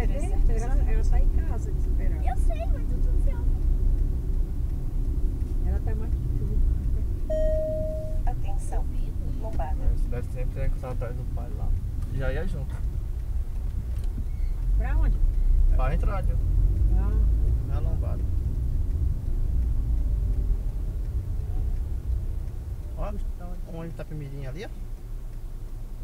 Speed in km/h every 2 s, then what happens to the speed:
36, 36, 34, 29, 25, 15, 9, 18, 24, 17, 9, 0, 0.
0-11 slows to 9. 12-15 speeds up to 24. 17-21 brakes to 0. 21-26 standing.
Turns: none.